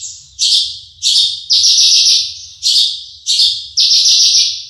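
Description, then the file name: Horsfield's bush lark uttering loud, rasping buzzy phrases, several in succession, each fading before the next. Bird named Mercy, owned by Om Donny. "audio branjangan mercy milik om donny marga omkicau com"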